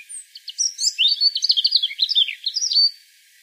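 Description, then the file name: European robin song: one continuous, tinkling phrase of quick, high, varied notes, rising and falling, ending abruptly after about three seconds. "Erithacus rubecula"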